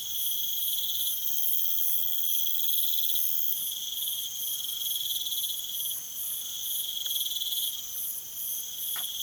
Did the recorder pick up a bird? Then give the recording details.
no. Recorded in pastures near Puerto Asís, Putumayo, Colombia, on 19 June 2025 at 23:30. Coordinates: 0.487, -76.322. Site H26